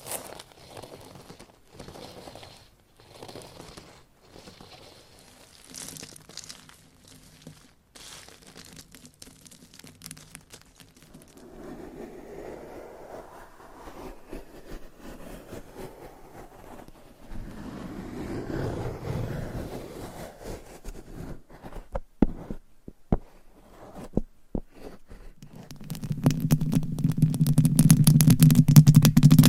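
Scratching and tapping sounds from a massage, starting quiet and sparse with soft brushing strokes and scattered light taps. From about 17 seconds the rubbing grows fuller and louder, with sharp clicks around 20–24 seconds, ending in a dense, steady rush of scratching.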